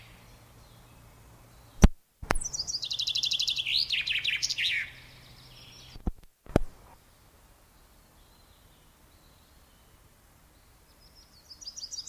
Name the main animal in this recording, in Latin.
Fringilla coelebs